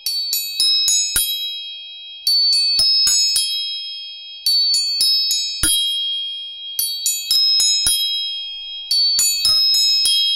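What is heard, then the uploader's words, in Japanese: Tuning forks are struck again and again, each sharp metallic tap followed by a clear, bright ringing tone that hangs on and slowly fades. The strikes come in quick clusters every couple of seconds, layering high pure tones over a quiet background. 音叉チューニング全体性。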